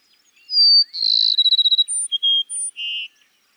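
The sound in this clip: Cassin's sparrow song: a high thin whistle, then a rapid stuttering trill, followed by a few separate clear whistled notes at varied pitches.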